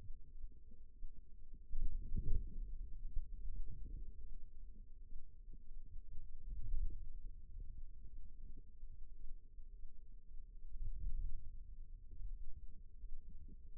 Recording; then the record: forearm muscle sounds (acoustic myography)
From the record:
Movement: wrist flexion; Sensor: system 2, bracelet of six BSWA MPA416 microphones around the upper forearm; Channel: 4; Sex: female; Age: 22 years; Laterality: right